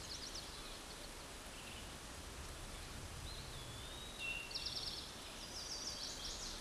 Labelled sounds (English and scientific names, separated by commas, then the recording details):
Eastern Towhee (Pipilo erythrophthalmus) song
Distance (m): 30 m
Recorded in a Pennsylvania forest on 17 May 2023 at 12:12
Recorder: AudioMoth, point grid1_40_low
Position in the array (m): 115 m, 214 m